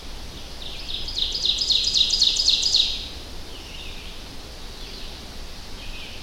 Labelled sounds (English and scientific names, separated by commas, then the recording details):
Ovenbird (Seiurus aurocapilla) song
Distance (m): 20 m
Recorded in boreal forest in Alberta, Canada, on 25 June 2016 at 05:45
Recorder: SongMeter 3, array SBT-6-76
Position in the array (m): 22 m, 111 m
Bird 2